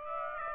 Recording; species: mosquito wingbeat signal from an infrared sensor; Aedes aegypti